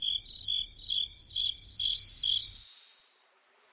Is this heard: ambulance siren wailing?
no